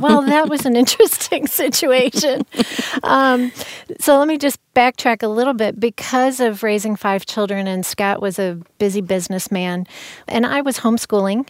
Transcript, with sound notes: Well, that was an interesting situation. (Laughing) So let me just backtrack a little bit. Because of raising five children, and Scott was a busy business man, and I was homeschooling.